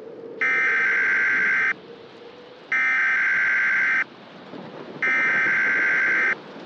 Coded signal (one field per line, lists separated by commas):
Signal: Emergency Alert System (SAME) tones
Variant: header bursts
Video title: “Florida Tornado Havoc” Remastered [EAS Scenario]